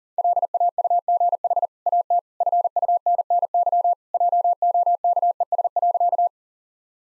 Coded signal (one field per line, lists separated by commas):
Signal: Morse code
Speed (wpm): 40 wpm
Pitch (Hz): 700 Hz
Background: none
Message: LAUGH AT FUNNY JOKES.